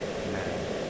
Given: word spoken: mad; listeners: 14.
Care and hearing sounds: one English word in noise, from a listening test; speech-shaped noise; -4.9 dB; 1 of 14; 7 of 14; 0.50 s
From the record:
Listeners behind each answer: 7, 2, 1, 1, 1, 1, 1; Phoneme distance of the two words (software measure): 10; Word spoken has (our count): 1 syllable, 3 phonemes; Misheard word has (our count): 1 syllable, 3 phonemes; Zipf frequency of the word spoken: 4.73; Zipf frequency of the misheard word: 5.86

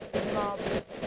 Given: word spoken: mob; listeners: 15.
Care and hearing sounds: one English word in noise, from a listening test; noise modulated by three-talker babble; -3.8 dB; 2 of 15; 7 of 15; 0.67 s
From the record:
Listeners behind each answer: 7, 3, 2, 1, 1, 1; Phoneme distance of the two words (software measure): 17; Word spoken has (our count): 1 syllable, 3 phonemes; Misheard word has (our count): 2 syllables, 4 phonemes, stress on syllable 1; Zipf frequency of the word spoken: 3.71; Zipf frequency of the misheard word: 3.86

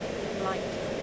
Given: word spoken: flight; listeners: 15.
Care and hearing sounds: one English word in noise, from a listening test; speech-shaped noise; -5.0 dB; 2 of 15; 8 of 15; 0.62 s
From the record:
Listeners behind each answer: 8, 3, 2, 1, 1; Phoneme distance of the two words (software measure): 7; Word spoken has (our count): 1 syllable, 4 phonemes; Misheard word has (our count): 1 syllable, 3 phonemes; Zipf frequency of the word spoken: 4.58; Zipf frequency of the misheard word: 5.28

